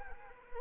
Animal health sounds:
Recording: mosquito wingbeat signal from an infrared sensor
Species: Anopheles arabiensis

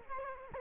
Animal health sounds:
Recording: mosquito wingbeat signal from an infrared sensor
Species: Culex quinquefasciatus

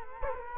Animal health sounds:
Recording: mosquito wingbeat signal from an infrared sensor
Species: Culex quinquefasciatus

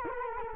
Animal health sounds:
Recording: mosquito wingbeat signal from an infrared sensor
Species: Culex quinquefasciatus

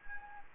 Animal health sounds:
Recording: mosquito wingbeat signal from an infrared sensor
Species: Anopheles gambiae

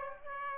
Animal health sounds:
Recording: mosquito wingbeat signal from an infrared sensor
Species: Aedes aegypti

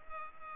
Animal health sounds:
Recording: mosquito wingbeat signal from an infrared sensor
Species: Culex pipiens

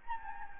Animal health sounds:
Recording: mosquito wingbeat signal from an infrared sensor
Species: Anopheles gambiae

